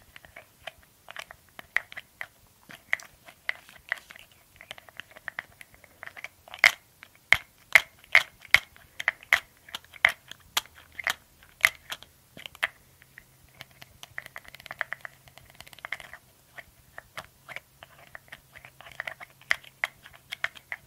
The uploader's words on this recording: ASMR 30 Mins of Glass Dropper Bottle & Lid Sounds for Tingles - tapping, no talking.